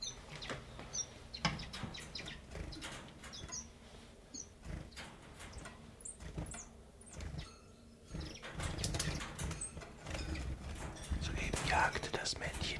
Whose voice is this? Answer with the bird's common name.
Common Chiffchaff